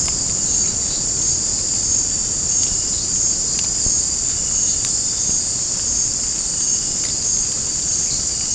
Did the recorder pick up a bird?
no